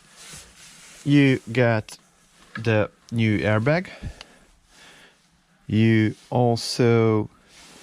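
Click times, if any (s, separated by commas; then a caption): none. The new airbag module's connector is handled to plug into the steering wheel wiring of a 2012 Mercedes E-Class W212 during a steering wheel replacement and upgrade. Someone talks in short phrases with quiet pauses in between. Nothing has seated or clicked yet.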